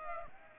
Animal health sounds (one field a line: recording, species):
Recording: mosquito wingbeat signal from an infrared sensor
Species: Aedes aegypti